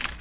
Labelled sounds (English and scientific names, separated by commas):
Magnolia Warbler (Setophaga magnolia) flight call